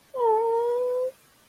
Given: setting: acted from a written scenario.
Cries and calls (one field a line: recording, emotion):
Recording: vocal sound without words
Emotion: adoration